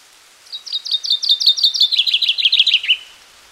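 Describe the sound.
Common chaffinch song: a rapid series of repeated high notes, gradually falling lower, with faint background hiss.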